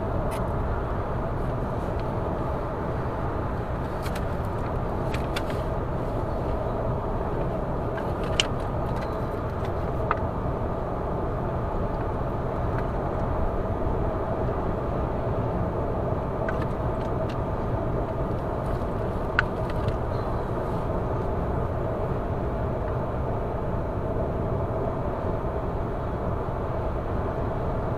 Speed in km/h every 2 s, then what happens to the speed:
116, 116, 116, 116, 116, 116, 116, 116, 116, 116, 116, 116, 116, 115.
0-28 steady at about 116.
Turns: none.